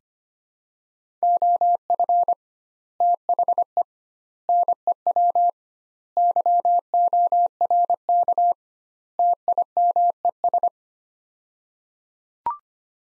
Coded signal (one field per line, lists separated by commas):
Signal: Morse code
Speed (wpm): 25 wpm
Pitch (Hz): 700 Hz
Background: none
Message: OF THE NEW YORK TIMES